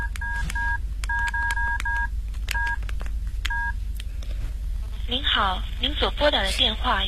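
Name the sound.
telephone number being dialed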